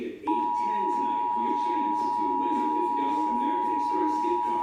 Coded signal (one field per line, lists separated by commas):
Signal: Emergency Alert System (SAME) tones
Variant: 853 and 960 Hz attention tone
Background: speech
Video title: EAS #174 Severe Thunderstorm Watch